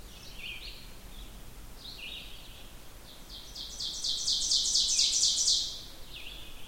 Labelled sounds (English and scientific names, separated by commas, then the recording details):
Ovenbird (Seiurus aurocapilla) song
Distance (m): 25 m
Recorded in boreal forest in Alberta, Canada, on 16 June 2016 at 06:01
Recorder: SongMeter 3, array SBT-3-32
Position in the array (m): 89 m, 23 m
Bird 36